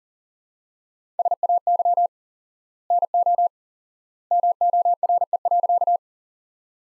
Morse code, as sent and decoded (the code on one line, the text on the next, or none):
... .- -.-- / -. --- / -- --- .-. . .-.-.-
SAY NO MORE.